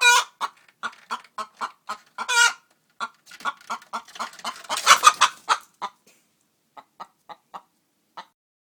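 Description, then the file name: Chicken: hens give steady rhythmic clucks and a few raspy cackles, then the calling thins out to sparse single clucks near the end. "Poules"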